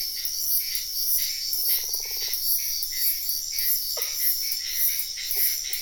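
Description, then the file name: Insects chirp in a dense, high pulsing chorus; a low frog trill and two short, falling calls from another creature are also heard. Wetland at night in Sian Ka'an Biosphere Reserve, with frogs also heard. "felix blume nature ambience wetland night frogs insects bird heron type sian ka an biosphere reserve"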